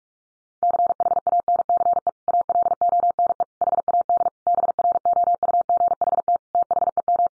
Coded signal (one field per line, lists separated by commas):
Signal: Morse code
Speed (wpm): 44 wpm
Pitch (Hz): 700 Hz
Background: none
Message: CHANCE ALONE HAD BROUGHT THEM